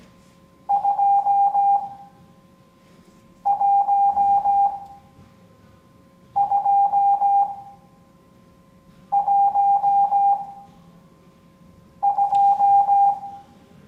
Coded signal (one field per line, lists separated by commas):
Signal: Morse code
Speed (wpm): 16 wpm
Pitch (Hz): 800 Hz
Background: none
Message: 21212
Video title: Morse Code Class 03